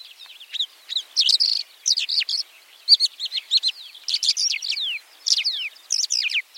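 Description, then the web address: White-winged lark song: rapid high twittering phrases, sharp chirps and slurred notes tumbling together in quick succession with brief gaps. "white winged lark bird call"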